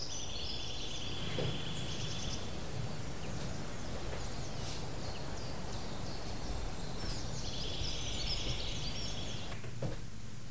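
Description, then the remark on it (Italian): Bursts of high, busy birdsong chirping against a constant low rumble of outdoor nature ambience, closing a long music track, with a quieter stretch in the middle before the twittering returns. “i colorisi non potevano finire questo lungo brano tra uccellini e suoni della natura”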